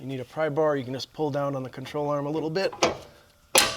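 Someone talks while levering a Lexus LS430's lower control arm down with a pry bar so the arm and its newly installed bushing fit into the subframe mount. A sharp metallic snap at 3.6 s marks the arm snapping into place, fully seated.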